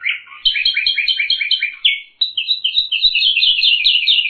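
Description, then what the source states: Bird song made of fast, high chattering and rattling phrases that run almost without pause, with a brief dip before a bright, continuous twittering finish. Masteran tutor song.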